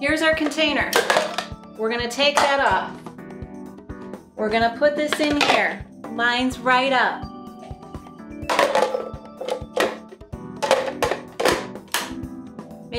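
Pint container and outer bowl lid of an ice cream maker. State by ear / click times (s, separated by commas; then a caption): seated / 11.0 s, 11.9 s. Someone talks while placing the pint container of a Ninja Creami Deluxe ice cream maker into its outer bowl and twisting the lid on. The lid locks in with clicks at 11.0 s and 11.9 s, and the container is seated.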